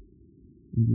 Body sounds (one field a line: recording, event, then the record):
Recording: neck accelerometer signal played as sound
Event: no cough (speech, laughter, throat clearing or background)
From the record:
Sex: female